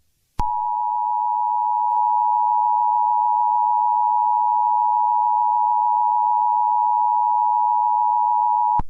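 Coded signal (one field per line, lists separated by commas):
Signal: Emergency Alert System (SAME) tones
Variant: 853 and 960 Hz attention tone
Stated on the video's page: Fictional EAS scenario containing valid tones, simulated alert.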